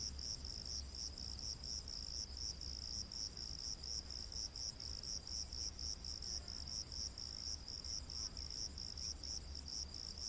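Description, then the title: Cricket chirping steadily at a high pitch, evenly spaced pulses continuing throughout, with low hum underneath. Crickets in a rainforest at night. "Crickets of the Rainforest 🌿. Exotic Insect Orchestra"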